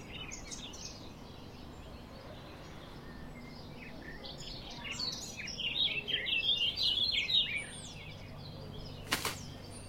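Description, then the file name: Eurasian blackcap singing a fast, scratchy warble that swells loudly after five seconds, with a sharp click near the end. "Sylvia atricapilla"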